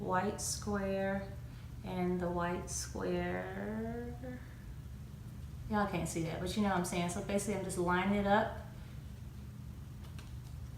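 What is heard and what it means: Someone talks while lining up a lens's white square with the white square on a Canon T7i DSLR camera body mount, before twisting the lens home. A steady low hum runs underneath, and a faint short sound comes near 10.2 s. The lens has not clicked or locked into place yet.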